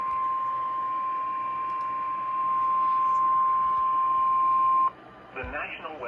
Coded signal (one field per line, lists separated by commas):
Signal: Emergency Alert System (SAME) tones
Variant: 1050 Hz attention tone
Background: speech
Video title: Special Marine Warning | EAS #638